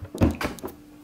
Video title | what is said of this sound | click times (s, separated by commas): Crane USA smartAIR PURIFIER - UNBOXING - REVIEW - SETUP - EE-5066 | Snaps right in. | 0.4 s